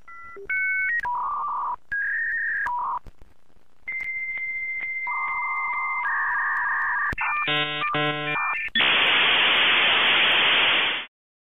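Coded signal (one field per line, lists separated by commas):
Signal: dial-up modem handshake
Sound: dialing beeps, a long steady answer tone, warbling tone bursts, then loud rushing hiss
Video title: Dial Up Internet Sound Effect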